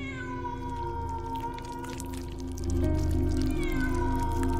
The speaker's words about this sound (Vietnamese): Âm thanh của con mèo vang lên thê thiết, cùng với đó là tiếng bật bật nhớp nháp, là tiếng chỉ khâu cắt qua da thịt lại vang lên.